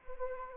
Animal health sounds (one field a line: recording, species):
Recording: mosquito wingbeat signal from an infrared sensor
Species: Anopheles arabiensis